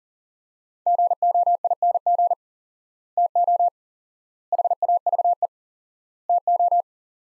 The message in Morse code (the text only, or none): GOING TO HAVE TO